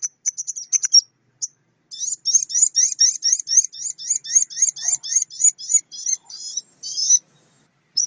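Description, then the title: Oriental magpie-robin song: a fast series of high, buzzy chattering notes repeated several times per second after a few brief opening chirps. Lively singing bird used to train other songbirds. "Kacer Juara Gacor"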